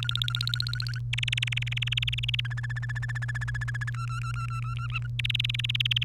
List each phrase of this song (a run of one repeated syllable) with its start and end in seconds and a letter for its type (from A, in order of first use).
0.00-0.99 A, 1.13-2.40 B, 2.45-3.90 C, 3.94-5.07 D, 5.19-6.03 B